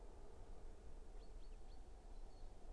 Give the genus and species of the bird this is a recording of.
Fringilla coelebs